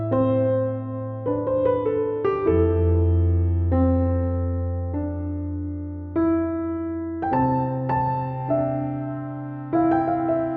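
A slow, sustained piece of music with held chords over a deep, steady bass line. New notes enter about once every second or so, shifting the chord while the low tone carries through, and the loudness stays even throughout with no other sounds.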